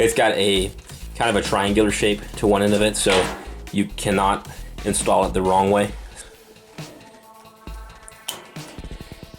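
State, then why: Seated. A keyed plastic wiring harness connector with female pins and a triangular end is pushed into its mating connector in a clothes dryer while someone talks. After the talking stops, there are quiet handling noises, then a sharp, short click at 8.3 s as the connector seats and locks into place.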